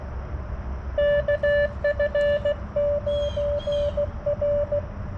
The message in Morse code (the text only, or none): KF9R